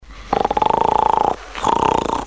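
Two rapid rattling, fluttering snore sounds with a steady buzzing tone, a snoring sound effect.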